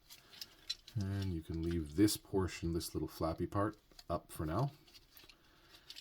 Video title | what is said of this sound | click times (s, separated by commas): Transformers One Prime Changers BUMBLEBEE transformed | to become the beginning part of the front of the vehicle and it just snaps in place like that | 0.7 s